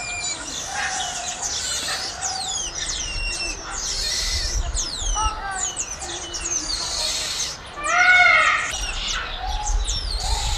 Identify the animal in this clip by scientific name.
Saguinus oedipus